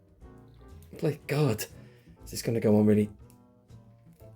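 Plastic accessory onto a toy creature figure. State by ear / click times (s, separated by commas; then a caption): not seated / none. Someone talks while pushing a plastic accessory onto a 3.75-inch Star Wars Vintage Collection Blurrg creature figure, expecting it to snap into place. Only faint handling taps are heard under the talking. The accessory just fits on snugly and nothing has seated or clicked yet.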